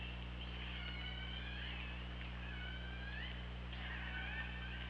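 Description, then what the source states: Killer whale calls: three long harmonic cries in succession over hiss and a steady low hum. Recorded by hydrophone at OrcaLab on 24 August 2017 at 08:04.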